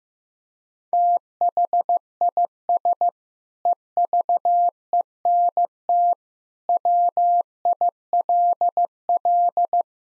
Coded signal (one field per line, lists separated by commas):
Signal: Morse code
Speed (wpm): 14 wpm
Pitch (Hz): 700 Hz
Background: none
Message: THIS EVENT WILL